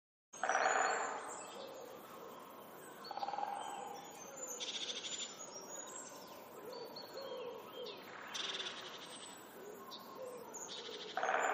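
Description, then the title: Birds calling with thin high chirps and some lower notes, among several loud rushing noise bursts. "pajaros"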